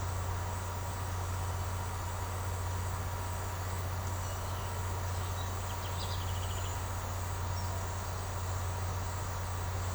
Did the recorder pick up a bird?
yes